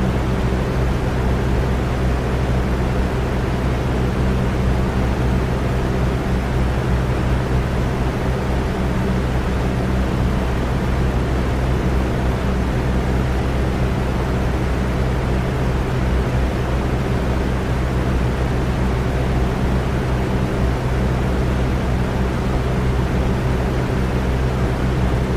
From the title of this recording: Boxfan